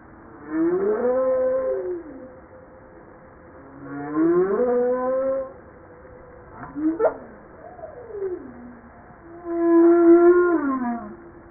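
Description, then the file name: Humpback whale song units, rising and falling tonal moans with rich harmonics, a short swooping cry near the middle, and a final steady moan. Recorded 5 March 1994. "Baleine a bosse 940305"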